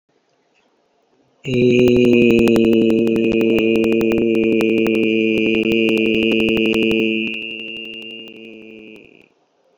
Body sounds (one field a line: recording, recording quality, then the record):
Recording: sustained vowel as in made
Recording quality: moderate, slight background noise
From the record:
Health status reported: healthy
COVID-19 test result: negative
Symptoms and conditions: cough, diarrhoea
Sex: male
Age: 39 years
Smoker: not ticked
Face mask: not worn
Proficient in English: yes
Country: India